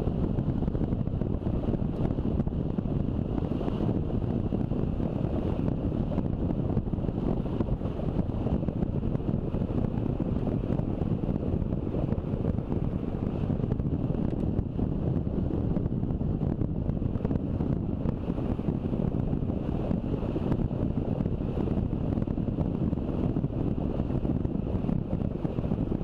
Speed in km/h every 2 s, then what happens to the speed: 31, 31, 31, 30, 30, 29, 29, 29, 28, 28, 29, 29, 29.
0-26 steady at about 29.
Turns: none.